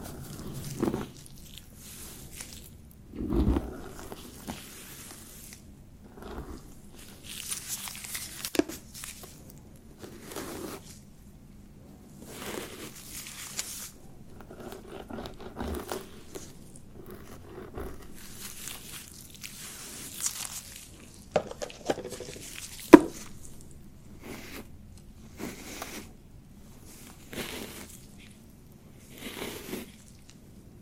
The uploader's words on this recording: ASMR Relaxing Beard Treatment [NO TALKING].